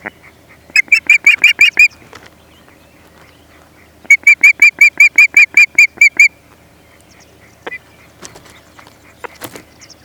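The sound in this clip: Osprey calling in two rapid bursts of several sharp whistled notes, separated by a pause, with faint background chirps afterward.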